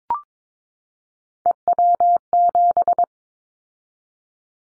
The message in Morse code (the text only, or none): EW7